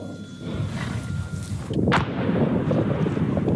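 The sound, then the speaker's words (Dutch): A 60 mm mortar fires and its rounds impact, with one sharp, booming report midway, set against a steady low rumble and wind-like noise that swells and continues to the end. “Zo klinken de schoten en de inslagen van een 60 mm mortier.”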